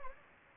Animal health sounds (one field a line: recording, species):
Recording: mosquito wingbeat signal from an infrared sensor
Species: Anopheles gambiae